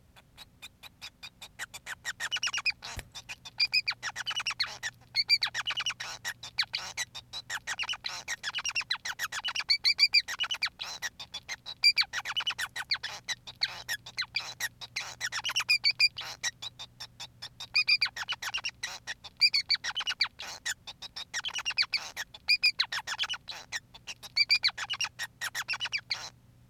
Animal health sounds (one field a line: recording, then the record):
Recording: song of a male Bengalese finch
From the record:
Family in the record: son of father 5